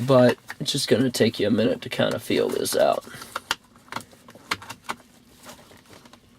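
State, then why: Seated. Someone talks while reconnecting a wiring harness connector to the back of a Honda Odyssey instrument cluster by feel. Sharp plastic clicks follow, with the connector clicking in at 3.5 s, then a few quieter ticks. The connector is seated and locked into place.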